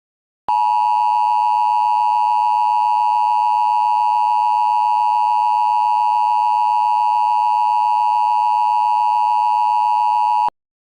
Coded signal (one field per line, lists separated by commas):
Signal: Emergency Alert System (SAME) tones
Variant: 853 and 960 Hz attention tone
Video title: EAS Mock: MIKESBURG WILL TEST THEIR OUTDOOR WARNING SIREN SYSTEM